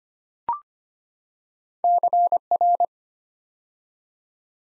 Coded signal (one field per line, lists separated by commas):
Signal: Morse code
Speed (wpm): 25 wpm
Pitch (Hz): 700 Hz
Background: none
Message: CR